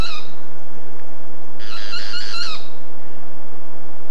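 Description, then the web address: Boat-billed flycatcher song: one harsh, nasal burst of about four fast rattling notes lasting a second, after a short fragment at the start, over faint hiss. "cantos pitangua"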